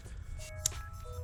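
A tapered plastic quick-disconnect tool is pressed onto a fuel line and clips on, with one sharp, bright click at 0.7 s over steady low hum and faint sustained tones. The tool is seated on the line.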